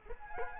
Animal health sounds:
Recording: mosquito wingbeat signal from an infrared sensor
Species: Culex quinquefasciatus

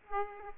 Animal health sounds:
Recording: mosquito wingbeat signal from an infrared sensor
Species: Aedes aegypti

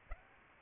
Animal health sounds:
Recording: mosquito wingbeat signal from an infrared sensor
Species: Aedes aegypti

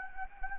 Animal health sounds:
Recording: mosquito wingbeat signal from an infrared sensor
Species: Anopheles gambiae

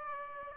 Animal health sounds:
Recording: mosquito wingbeat signal from an infrared sensor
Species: Aedes aegypti

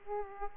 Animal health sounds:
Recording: mosquito wingbeat signal from an infrared sensor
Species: Aedes aegypti

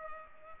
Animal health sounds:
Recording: mosquito wingbeat signal from an infrared sensor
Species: Culex pipiens

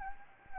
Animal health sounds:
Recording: mosquito wingbeat signal from an infrared sensor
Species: Anopheles gambiae

